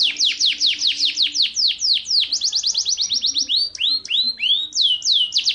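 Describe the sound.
Bird song: a rapid run of steeply falling whistled notes, then shorter upward-curving notes. The phrases flow on without a break, with a faint low hum underneath.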